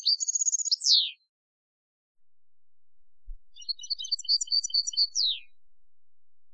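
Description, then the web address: European goldfinch song: fast liquid twittering and buzzy trills, a burst, a pause of about two seconds, then another sparkling twittered phrase ending in a descending slur. "Chants Chard"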